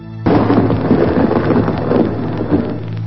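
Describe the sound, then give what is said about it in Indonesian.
Rain falls heavily and steadily after a long drought, a dense crackling hiss that kicks in abruptly after a brief quiet start, with a low rumbling undertone running throughout and no voices. “Beberapa saat setelah itu, hujan pun turun, mengakhiri kemarau yang berkepanjangan.”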